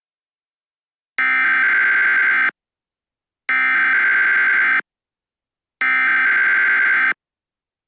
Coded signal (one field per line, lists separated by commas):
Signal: Emergency Alert System (SAME) tones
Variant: header bursts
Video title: A Randomnomicon EAS Mock Broadcast